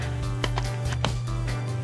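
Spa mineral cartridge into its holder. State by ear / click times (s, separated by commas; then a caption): seated / 0.4 s, 1.0 s. A plastic spa mineral cartridge sits in its holder by a keyhole slot and is twisted until it locks into place. Sharp clicks are heard at 0.4 s and 1.1 s over a steady low hum, and the cartridge is seated in the locked position.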